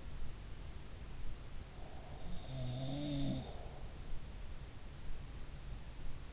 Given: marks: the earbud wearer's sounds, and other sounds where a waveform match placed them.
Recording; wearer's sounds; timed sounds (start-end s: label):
sounds in sleep by an in-ear microphone; breath
1.61-3.83 s: breath
2.45-3.54 s: sound from someone else or the room